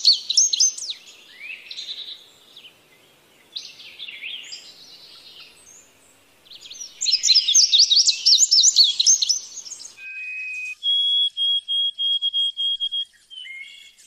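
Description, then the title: Lovebird twittering: piercing chirps and sliding squeaks, a dense burst of shrill chatter, then several flat high whistled notes repeated in a row. Used as a lure to attract lovebirds. "PIKAT BURUNG LOVEBIRD"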